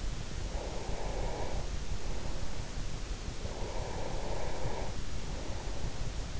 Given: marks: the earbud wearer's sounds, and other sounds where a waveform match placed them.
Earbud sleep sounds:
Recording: sounds in sleep by an in-ear microphone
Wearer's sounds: breath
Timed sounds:
0.18-2.77 s: breath
3.44-6.31 s: breath

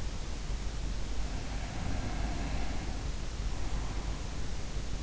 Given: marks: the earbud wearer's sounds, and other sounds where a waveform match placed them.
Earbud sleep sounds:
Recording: sounds in sleep by an in-ear microphone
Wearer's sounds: breath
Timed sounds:
1.13-4.63 s: breath

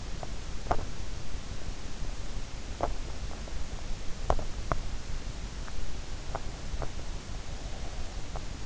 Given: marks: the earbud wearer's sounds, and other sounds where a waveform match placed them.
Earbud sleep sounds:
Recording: sounds in sleep by an in-ear microphone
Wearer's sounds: teeth grinding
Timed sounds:
0.00-1.08 s: teeth grinding
2.59-3.19 s: teeth grinding
4.09-5.00 s: teeth grinding

